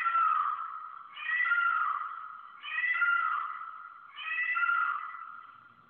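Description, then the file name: Indian Peafowl: four loud, wailing harmonic cries, each about one and a half seconds long, repeated in quick succession with no other sounds. Male (peacock) call, from a ringtone. "Peacock"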